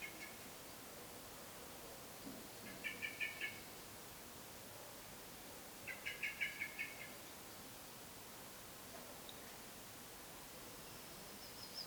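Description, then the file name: Common blackbird chink calls, two brief rattling bursts of clicky notes against a steady hiss of background noise. "Turdus merula"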